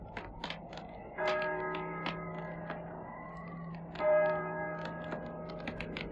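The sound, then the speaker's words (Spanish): A church bell tolls slowly, two strikes about three seconds apart, each leaving a long, humming ring of layered tones, while faint sharp clicks tick along underneath. “el triste y monótono doblar de las campanas.”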